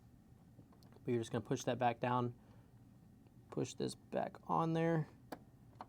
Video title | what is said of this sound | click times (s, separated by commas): HOW TO USE ALL JUKI NEEDLE THREADERS! (TROUBLE SHOOTING/ USE / REPLACE) | you kind of hear it click back in place and now we're back in Action so let's go ahead and give it a test drive | 5.3 s, 5.8 s